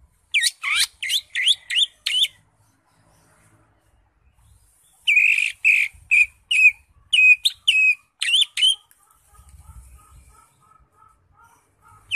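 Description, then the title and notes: Greater Green Leafbird song: rapid series of sharp, downslurred whistled notes in two bursts separated by a quiet stretch. Recording intended as a master for training caged birds. "Suara Burung Cucak Ijo. mantap buat masteran burung cak ijo"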